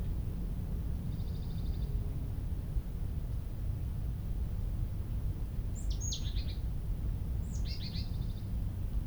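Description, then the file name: Marsh tit calls, a faint buzzy series followed by two bursts of a high descending note followed by short buzzy repeated notes, set against continuous low-pitched rumble. "Poecile palustris"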